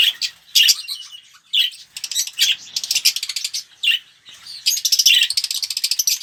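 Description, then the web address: Red-rumped parrot song: bursts of high, rapid chirps and twittering notes in short phrases separated by brief pauses, ending in a fast rattling trill. "pevcii popugai. parrots psephotus-haematonotus"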